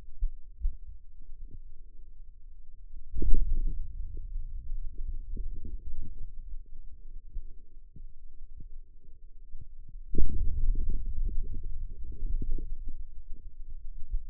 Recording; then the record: forearm muscle sounds (acoustic myography)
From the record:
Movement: hand opening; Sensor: system 2, bracelet of six BSWA MPA416 microphones around the upper forearm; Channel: 6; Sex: male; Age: 22 years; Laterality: right